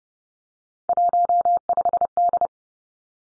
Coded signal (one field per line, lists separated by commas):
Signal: Morse code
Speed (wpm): 30 wpm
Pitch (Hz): 700 Hz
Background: none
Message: 15D